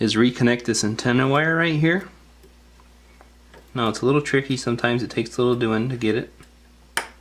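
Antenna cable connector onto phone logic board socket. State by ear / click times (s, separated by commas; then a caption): seated / 7.0 s. Someone talks while pressing the small antenna wire's press-fit connector onto its socket on an iPhone 6 logic board. After a quiet pause, a sharp, loud snap is heard at 7.0 s as the connector seats.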